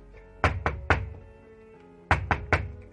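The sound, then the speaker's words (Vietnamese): Someone knocks on the door of room number 5 on the second floor in two bursts of three sharp raps, with a pause of about a second between the sets. The knocks are firm and evenly spaced, and there is no talking. “Đứng trước cái căn phòng số 5 kia, cậu nghe người lưỡng lự cả một hồi lâu, rốt cuộc vẫn là đưa tay lên gõ cửa.”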